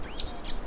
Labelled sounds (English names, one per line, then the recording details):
Stitchbird song
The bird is a male
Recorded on Tiritiri Matangi Island, New Zealand, in 2005
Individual 1, of nest box 1